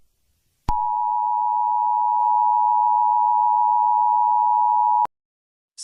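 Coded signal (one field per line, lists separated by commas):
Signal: Emergency Alert System (SAME) tones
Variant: 853 and 960 Hz attention tone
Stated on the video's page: Fictional EAS scenario.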